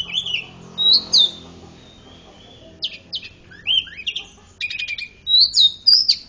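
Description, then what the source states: Oriental magpie-robin singing rich whistled notes, rising and falling slurs with a rapid rattling burst midway, phrases separated by a long quiet gap. Champion bird singing energetically; from a compilation of selected masteran (tutor) bird songs.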